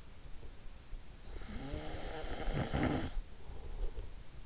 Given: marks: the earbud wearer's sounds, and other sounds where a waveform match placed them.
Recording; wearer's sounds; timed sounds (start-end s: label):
sounds in sleep by an in-ear microphone; snoring breath
1.31-4.27 s: snoring breath